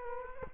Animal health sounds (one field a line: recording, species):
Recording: mosquito wingbeat signal from an infrared sensor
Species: Culex quinquefasciatus